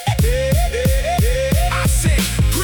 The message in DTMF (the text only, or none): none